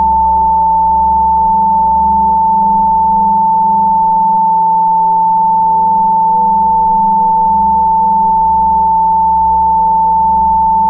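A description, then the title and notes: A single pure tone at 888 Hz holds perfectly steady throughout, clear and unwavering. Underneath, a soft low hum swells and fades in slow, regular waves, thinning briefly near the middle before returning, with faint bowl-like ringing layered between. 888 HZ | Tibetan Bowls of Plenty.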